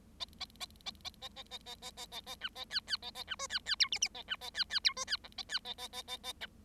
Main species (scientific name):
Lonchura striata domestica